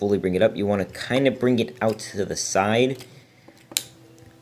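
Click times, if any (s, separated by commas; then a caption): 3.8 s. Someone talks while the plastic back heel piece of a Studio Series 51 Soundwave transforming robot figure is swung up and out to the side into its leg joint. A sharp click at 3.8 s shows the heel seating into position, followed by a faint tick and quiet handling.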